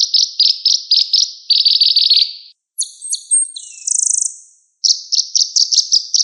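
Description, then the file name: Sunbird song: thin, high chattering pulses in quick bursts, then a squeaky falling note and a dense buzzy trill, before the chatter resumes. Song used as a lure to draw birds into calling. "suara burung madu untuk memancing bunyi"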